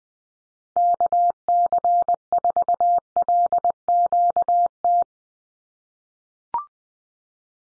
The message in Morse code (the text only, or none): KC4LQT